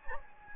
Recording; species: mosquito wingbeat signal from an infrared sensor; Anopheles gambiae